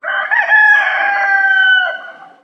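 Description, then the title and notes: Rooster giving one full crow, a harmonically rich cock-a-doodle-doo that rises briefly, holds steady, then drops away at the end, with no other sounds. Rooster crowing, recorded from a distant perspective. "The post Rooster Crowing, Distant Perspective appeared first on Orange Free Sounds"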